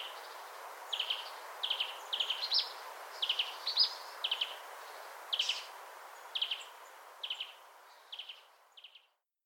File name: Poecile palustris